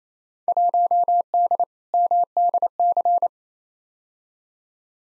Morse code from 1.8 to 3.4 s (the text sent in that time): MDC